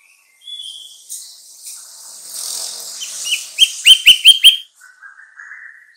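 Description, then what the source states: Sooty-headed bulbul song: quiet hissy twittering, then five loud sharp chirps about a fifth of a second apart, followed by a soft warble. Song labelled as kutilang trucukan.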